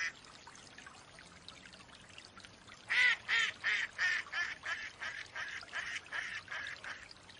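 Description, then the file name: Mallard hen giving a rapid series of about twelve quacks, starting loud and gradually fading, after a few quiet seconds. Female mallard hen quacking. "Mallard duck quacking call sounds Female Hen"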